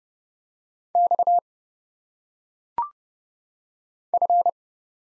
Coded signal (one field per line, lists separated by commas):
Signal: Morse code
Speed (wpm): 30 wpm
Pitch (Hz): 700 Hz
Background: none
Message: X F